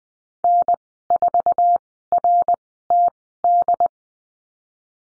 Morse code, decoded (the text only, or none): N4RTD